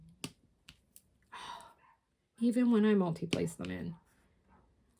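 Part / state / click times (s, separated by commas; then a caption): resin drills into diamond painting canvas / seated / 0.2 s, 0.7 s, 1.0 s. Several resin drills are placed at once with a multi-placer tool into an adhesive diamond painting canvas, giving three short, sharp clicks at 0.2, 0.7 and 1.0 seconds. The drills click into place and seat without gaps, and someone then talks.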